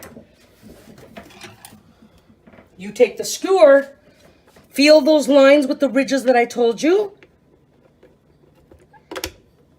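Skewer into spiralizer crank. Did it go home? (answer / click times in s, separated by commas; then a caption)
yes / 9.2 s. A ridged skewer is lined up and clipped into the crank assembly of a Paderno World Cuisine 4-blade spiralizer. Someone talks while faint handling noises are heard, and then a sharp click at 9.2 s marks the skewer seating in place.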